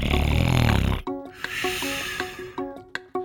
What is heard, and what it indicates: A ventilator is a machine that helps people breathe. Some people use ventilators when they're sick, but other people use ventilators every day, like to help them breathe while they sleep. A ventilator helps push air in and pull air back out.